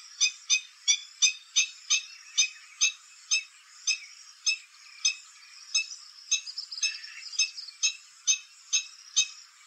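Stilt calls: short, sharp yelping notes repeated at a steady pace of about two per second, with a brief burst of overlapping calls midway.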